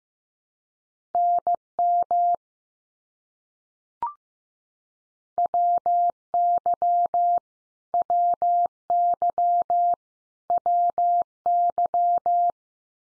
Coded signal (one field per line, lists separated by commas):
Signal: Morse code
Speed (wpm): 15 wpm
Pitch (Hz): 700 Hz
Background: none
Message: NM WY WY WY